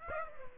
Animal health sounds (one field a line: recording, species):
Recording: mosquito wingbeat signal from an infrared sensor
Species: Aedes aegypti